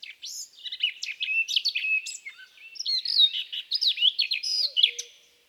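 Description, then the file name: Eurasian blackcap song, a hurried scratchy chatter that turns into clearer fluty phrases, ending with a soft low note. "baratposzata"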